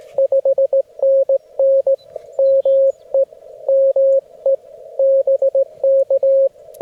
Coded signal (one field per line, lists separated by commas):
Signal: Morse code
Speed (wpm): 19 wpm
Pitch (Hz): 560 Hz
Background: radio noise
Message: 5NN ME ME BK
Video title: TOUGH CW QRP POTA ACTIVATION @ KY HORSE PARK | FT-891 | ZM-2 | 9:1 EFRW